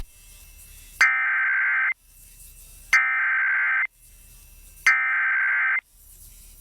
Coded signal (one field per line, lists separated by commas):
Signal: Emergency Alert System (SAME) tones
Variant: header bursts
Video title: EAS Child Abduction Emergency (Dangerous AMBER Alert/Homicide Investigation) Wisconsin Statewide